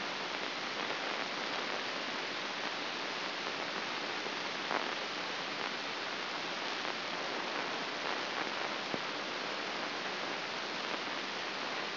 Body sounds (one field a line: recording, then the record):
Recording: brain microelectrode recording played as sound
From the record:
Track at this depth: outside the subthalamic nucleus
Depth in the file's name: 7.067 mm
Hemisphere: left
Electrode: 2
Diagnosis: Parkinson's disease